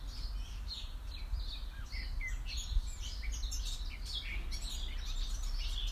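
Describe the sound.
Birds singing: several overlapping high chirps and twittering phrases run continuously over a steady low rumble of background noise.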